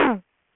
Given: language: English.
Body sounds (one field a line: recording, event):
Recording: throat vibration sensor signal played as sound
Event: throat clearing